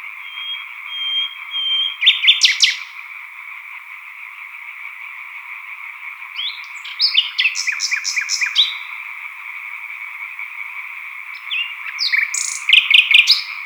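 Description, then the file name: European tree frogs croaking in a steady, dense chorus, while a songbird breaks in three times with loud, rapid trills and sharp notes. Chorus of green tree frogs with a nightingale singing solo, recorded at Sattenay, title dated 140418. "solo-de-rossignol-choeur-de-rainettes-vertes-foulques-Sattenay-140418"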